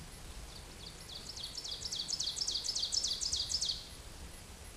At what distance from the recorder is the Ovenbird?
about 25 m